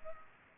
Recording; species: mosquito wingbeat signal from an infrared sensor; Culex pipiens